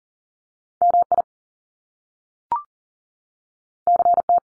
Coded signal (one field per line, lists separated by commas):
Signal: Morse code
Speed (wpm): 41 wpm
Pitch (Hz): 700 Hz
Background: none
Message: MI CT